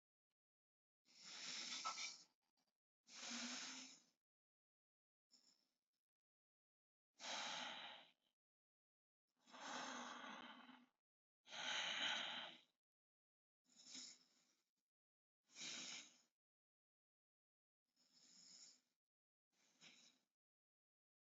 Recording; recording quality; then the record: deep breathing; excellent, no background noise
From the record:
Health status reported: healthy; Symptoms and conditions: none ticked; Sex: male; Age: 25 years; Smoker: yes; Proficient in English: yes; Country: India